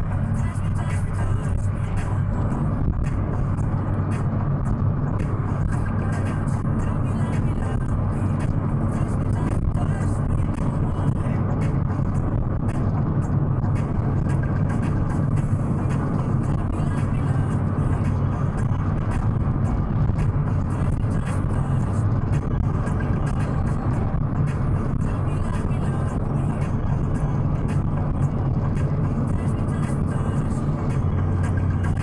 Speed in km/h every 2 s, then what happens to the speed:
89, 89, 89, 89, 88, 88, 88, 88, 88, 87, 86, 85, 85, 85, 86, 85.
0-32 steady at about 88.